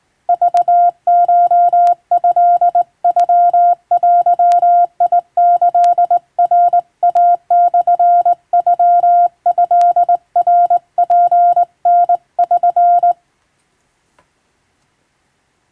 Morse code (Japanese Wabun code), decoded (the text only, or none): クコトノデキナイモノトナツタ<SN>